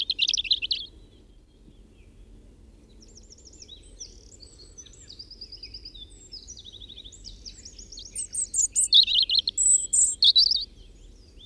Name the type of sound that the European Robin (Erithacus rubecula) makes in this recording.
song